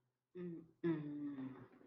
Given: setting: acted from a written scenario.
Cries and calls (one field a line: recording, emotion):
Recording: vocal sound without words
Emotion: embarrassment